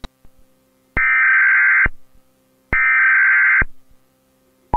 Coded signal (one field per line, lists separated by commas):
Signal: Emergency Alert System (SAME) tones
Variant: header bursts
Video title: EAS Scenario: The Walklings